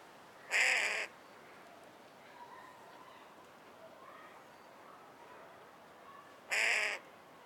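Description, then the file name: Carrion crow calling with two loud, rasping caws about six seconds apart. "Corvus corone - Carrion Crow"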